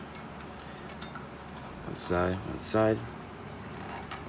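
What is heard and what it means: The second, other-side metal brake pad abutment clip is pushed into the slots of the caliper bracket, giving a few light metallic ticks and a short, sharp click at 1.0 s as it seats. Someone then talks briefly.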